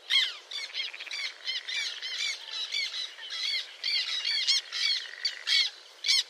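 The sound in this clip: Bird calls as a busy, overlapping chatter of harsh squawks and nasal notes, several birds calling at once without pause.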